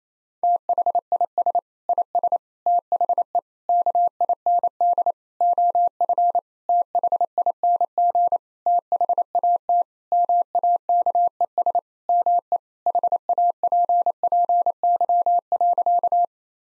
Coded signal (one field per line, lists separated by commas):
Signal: Morse code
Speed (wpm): 28 wpm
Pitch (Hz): 700 Hz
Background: none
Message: THIS IS THE KIND OF THING THAT MAKES ME HAPPY.